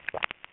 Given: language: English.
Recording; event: throat vibration sensor signal played as sound; swallow